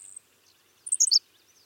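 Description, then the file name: Henslow's sparrow's quick high squeaky song burst, preceded by a brief high buzz at the start. "Ammodramus henslowii - Henslow's Sparrow"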